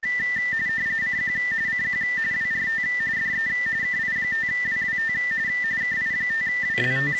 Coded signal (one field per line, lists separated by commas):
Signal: RTTY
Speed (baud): 45.45 baud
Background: speech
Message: CQ CQ WRT DE KI5WWT KI5WWT